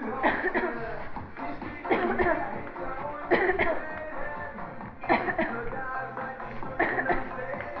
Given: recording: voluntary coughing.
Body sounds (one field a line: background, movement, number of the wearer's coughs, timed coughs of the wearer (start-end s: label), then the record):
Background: music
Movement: walking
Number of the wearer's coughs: 10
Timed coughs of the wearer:
0.20-0.52 s: cough
0.52-0.71 s: cough
1.88-2.16 s: cough
2.16-2.46 s: cough
3.28-3.55 s: cough
3.56-3.77 s: cough
5.07-5.36 s: cough
5.36-5.59 s: cough
6.77-7.06 s: cough
7.06-7.30 s: cough
From the record:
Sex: female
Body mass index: 18.3 kg/m2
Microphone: on the chest, facing the body